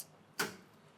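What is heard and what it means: The internal lock on a steel security door is thrown, giving a single sharp click at 0.4 s as the latch engages. Once this lock is on, the door will not open.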